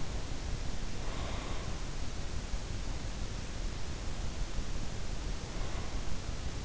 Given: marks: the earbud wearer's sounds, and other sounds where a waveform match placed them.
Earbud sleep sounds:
sounds in sleep by an in-ear microphone; breath
0.99-1.96 s: breath

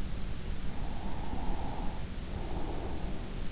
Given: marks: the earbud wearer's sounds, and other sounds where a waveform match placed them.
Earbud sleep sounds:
sounds in sleep by an in-ear microphone; breath
0.73-3.47 s: breath

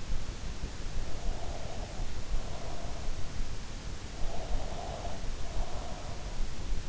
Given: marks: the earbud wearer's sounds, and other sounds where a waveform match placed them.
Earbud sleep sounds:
sounds in sleep by an in-ear microphone; breath
1.42-2.97 s: breath
4.68-6.28 s: breath

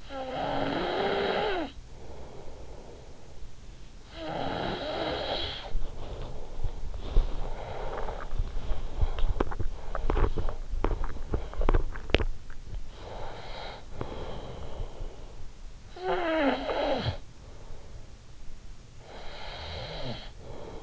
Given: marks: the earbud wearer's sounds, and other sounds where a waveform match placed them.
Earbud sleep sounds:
sounds in sleep by an in-ear microphone; snoring breath, breath, teeth grinding
0.00-5.87 s: snoring breath
5.87-8.29 s: breath
9.10-12.53 s: teeth grinding
12.87-15.58 s: breath
15.58-18.56 s: snoring breath
18.84-20.83 s: breath

